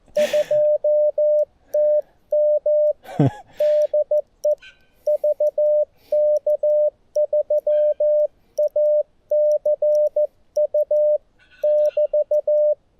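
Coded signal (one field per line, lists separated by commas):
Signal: Morse code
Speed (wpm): 15 wpm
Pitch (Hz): 600 Hz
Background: none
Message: 2TM DE VK3ACU <BT>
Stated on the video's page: Portable CW on QRS (slow-speed) night with a G90, including a contact keyed with a bug.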